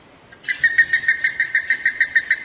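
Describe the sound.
Plumbeous ibis calling in a fast, even series of hoarse, pulsed notes, sustained after a quiet start.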